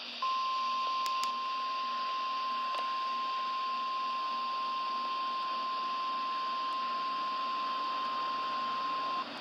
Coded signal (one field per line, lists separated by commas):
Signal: Emergency Alert System (SAME) tones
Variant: 1050 Hz attention tone